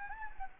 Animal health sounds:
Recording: mosquito wingbeat signal from an infrared sensor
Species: Anopheles gambiae

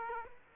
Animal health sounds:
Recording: mosquito wingbeat signal from an infrared sensor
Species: Aedes aegypti

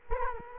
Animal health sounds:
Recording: mosquito wingbeat signal from an infrared sensor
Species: Culex quinquefasciatus

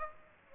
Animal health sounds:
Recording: mosquito wingbeat signal from an infrared sensor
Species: Aedes aegypti

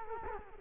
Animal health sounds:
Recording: mosquito wingbeat signal from an infrared sensor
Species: Culex quinquefasciatus

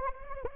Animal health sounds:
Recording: mosquito wingbeat signal from an infrared sensor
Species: Anopheles arabiensis

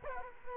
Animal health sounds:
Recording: mosquito wingbeat signal from an infrared sensor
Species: Culex quinquefasciatus

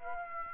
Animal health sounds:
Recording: mosquito wingbeat signal from an infrared sensor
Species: Aedes aegypti

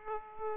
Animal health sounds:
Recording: mosquito wingbeat signal from an infrared sensor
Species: Aedes aegypti

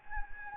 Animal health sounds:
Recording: mosquito wingbeat signal from an infrared sensor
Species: Anopheles gambiae

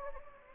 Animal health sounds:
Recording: mosquito wingbeat signal from an infrared sensor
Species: Anopheles gambiae

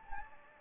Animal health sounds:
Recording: mosquito wingbeat signal from an infrared sensor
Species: Anopheles gambiae

